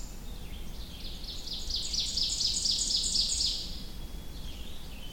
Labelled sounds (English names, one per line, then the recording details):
Ovenbird song
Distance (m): 30 m
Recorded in boreal forest in Alberta, Canada, on 21 June 2016 at 06:51
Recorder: SongMeter 3, array SBT-6-81
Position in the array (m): 29 m, 96 m
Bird 24